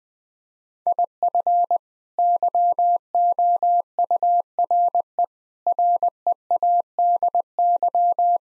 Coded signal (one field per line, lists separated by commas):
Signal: Morse code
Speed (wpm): 20 wpm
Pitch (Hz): 700 Hz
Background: none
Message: IF YOURE READY